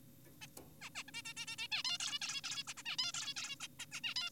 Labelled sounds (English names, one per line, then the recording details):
Zebra Finch
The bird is an adult
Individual g4p5U